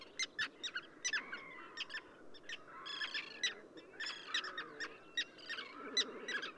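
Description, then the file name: Common tern calls, quieter scratchy notes from several birds overlapping in a loose, busy chatter. Subspecies minussensis, recorded at Ögii Nuur, Mongolia. "ctern-minussensis mng ogi-nuur"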